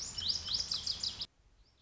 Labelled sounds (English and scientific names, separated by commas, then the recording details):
Lazuli Bunting (Passerina amoena)
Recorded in Sonoma County, California